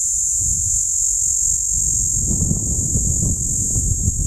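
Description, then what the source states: Platypleura plumosa cicada: a shrill, continuous buzz persisting through strong, heavy low wind rumble. Platypleura plumosa, recorded at Steytlerville.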